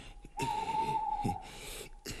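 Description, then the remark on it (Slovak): An owl hoots one long, steady, mid-pitched note lasting about a second, then a brief second hoot follows, over a soft rustling background with no talking. “No a to iba sova húka.”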